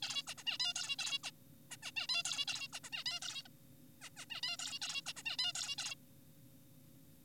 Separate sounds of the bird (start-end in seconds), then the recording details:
0.03-0.23, 0.27-0.34, 0.38-0.44, 0.47-0.58, 0.60-0.73, 0.76-0.96, 0.99-1.19, 1.24-1.30, 1.71-1.77, 1.83-1.91, 1.97-2.07, 2.09-2.23, 2.25-2.45, 2.48-2.68, 2.73-2.80, 2.84-2.90, 2.92-3.04, 3.06-3.20, 3.22-3.42, 3.45-3.48, 4.02-4.10, 4.17-4.26, 4.30-4.41, 4.43-4.57, 4.59-4.79, 4.82-5.01, 5.07-5.13, 5.17-5.23, 5.26-5.37, 5.39-5.53, 5.55-5.75, 5.78-5.95. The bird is an adult. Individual g4p5U